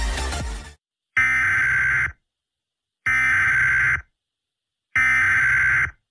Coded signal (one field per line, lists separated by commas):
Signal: Emergency Alert System (SAME) tones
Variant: header bursts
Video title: EAS Scenario/Mock #8 - WW3